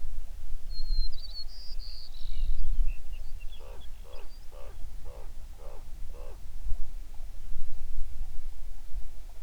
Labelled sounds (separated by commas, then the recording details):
songbird, corvid
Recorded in the Prudhoe Bay oil fields, Alaska, on 11 June 2019 at 05:06
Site 21